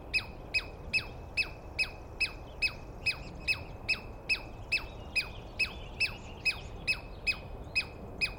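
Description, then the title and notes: Douglas squirrel calling: long, steady run of shrill down-slurred chips, over two per second, with faint birds behind. Douglas pine squirrel screaming at length at dawn, morning of 21 April 2017, East Cascades. "Interview With The Chipmunk. On the morning of 21 April, 2017, I set up my microphones and recorder for a nice dawn recording in the East Cascades. I was started awake by a screaming Douglas Pine Squirrel"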